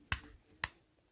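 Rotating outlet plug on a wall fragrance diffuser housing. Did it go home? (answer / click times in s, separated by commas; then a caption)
yes / 0.6 s. The swiveling outlet plug on a Bath and Body Works Scent Switching Wallflower Duo plastic wall fragrance diffuser is rotated until it locks into its detent. A sharp tick at about 0.1 s is followed by a crisp, louder click at 0.6 s. The plug is seated safely in place, as the click indicates.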